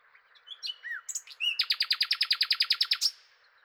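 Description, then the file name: Common nightingale song: a few high whistled and slurred notes, then a fast, loud run of many identical sharp notes before a final higher note. "Nachtegaal"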